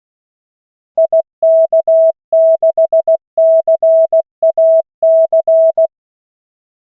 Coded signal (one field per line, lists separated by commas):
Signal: Morse code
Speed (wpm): 16 wpm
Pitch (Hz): 650 Hz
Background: none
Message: IK6CAC